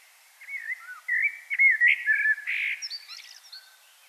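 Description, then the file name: Common blackbird, a melodious fluted song phrase of varied whistles, finishing with a high, squeaky chattering flourish. "Turdus merula"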